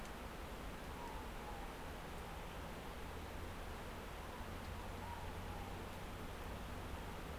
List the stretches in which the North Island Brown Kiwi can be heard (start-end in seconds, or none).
none